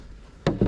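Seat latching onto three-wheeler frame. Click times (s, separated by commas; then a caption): 0.5 s. The seat of a 1985 Tecate 3 three-wheeler, which tends to come off, is pressed back down onto its frame latch. After a quiet low rumble, a sharp click sounds at 0.5 s, followed by a second duller thump around 0.6 s. The seat latches down and is seated.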